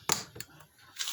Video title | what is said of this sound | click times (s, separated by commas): How I Wrap Things Up After a Laundry Cycle-Date: 1/23/2021 | When you hear it snap like that, it's latched. | 0.1 s